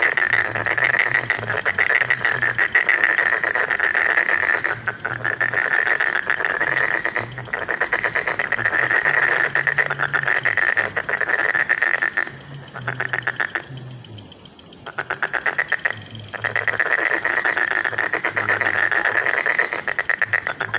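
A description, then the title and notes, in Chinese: Frogs call from a pond on a spring evening, a dense, rapid chorus of rattling croaks that runs almost without pause. The calls sit in a bright, buzzy band, with a low hum beneath. Brief lulls come around 12 and 14 seconds before the chorus resumes at full strength. 春日晚塘蛙鸣。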